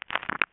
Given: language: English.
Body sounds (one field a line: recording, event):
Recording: throat vibration sensor signal played as sound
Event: swallow